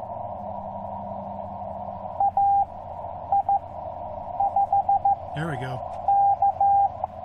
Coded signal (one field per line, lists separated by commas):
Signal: Morse code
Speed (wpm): 15 wpm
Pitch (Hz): 800 Hz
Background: speech, radio noise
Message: A I 5 K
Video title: South Park POTA Rove: Morning Day 2